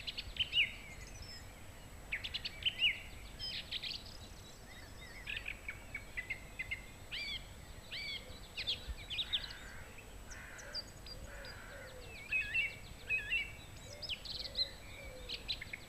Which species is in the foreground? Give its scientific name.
Turdus philomelos